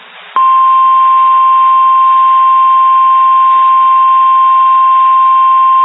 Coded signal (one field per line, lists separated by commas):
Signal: Emergency Alert System (SAME) tones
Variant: 1050 Hz attention tone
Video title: Severe T-Storm Warning (EAS 273)